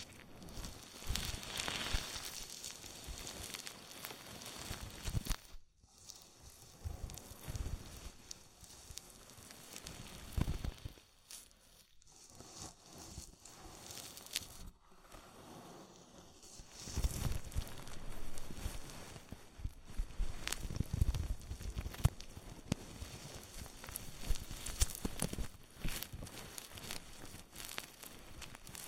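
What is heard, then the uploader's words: Ear massage with oil and foam: dense, wet crackling and crinkling rubs fill the clip, rising and falling in uneven bursts. Brief near-silent gaps break the sound around 6, 11–12 and 15 seconds. Busier, brighter fizzing swells return after 17 seconds. ASMR Oil, Foam and Tingly Ear Massage.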